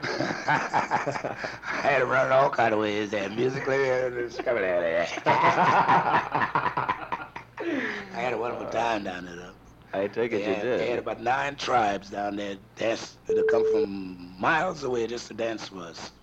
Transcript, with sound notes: I had them running all kind of ways, musically and sputterly! [LAUGHING] I had a wonderful time down there, though.
I take it you did.
They had about nine tribes down there, dance- that had come from miles away just to dance for us.